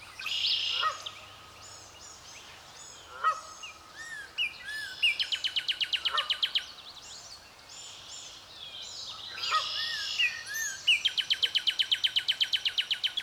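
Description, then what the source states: Goose honks several times among busy birdsong, including fast repeated rattling trills and whistled phrases from smaller birds. Recorded 30 May 2016, with the goose prominent.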